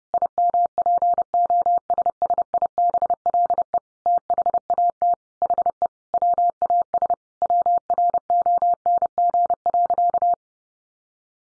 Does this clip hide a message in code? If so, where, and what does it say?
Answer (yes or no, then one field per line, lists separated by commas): yes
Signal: Morse code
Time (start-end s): 0.1-10.3 s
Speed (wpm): 30 wpm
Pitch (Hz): 700 Hz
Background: none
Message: IMPOSSIBLE THAT HE WAS WRONG.